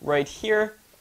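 A phone bracket mounting piece is handled at the back of a plastic GLADIUS Mini 4K ROV controller after the small screw has been backed out, ready to be pressed in. Someone talks throughout. Nothing has seated or clicked yet.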